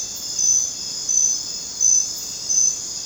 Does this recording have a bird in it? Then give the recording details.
no. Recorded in dense forest near Puerto Asís, Putumayo, Colombia, on 19 June 2025 at 00:30. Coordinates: 0.484, -76.317. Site G045